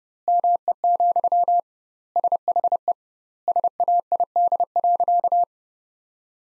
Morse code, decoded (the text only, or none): ME, SHE SAID.